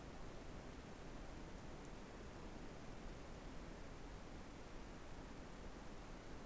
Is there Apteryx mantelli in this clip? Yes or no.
no